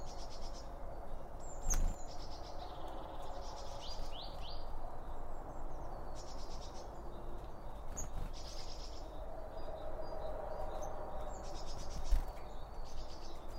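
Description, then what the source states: Birds chirping in short bursts of high notes, a few quick descending slurs, with a couple of sharp clicks and steady low background noise. Birds recorded around a bird feeder with two OM 1 microphones from Line Audio.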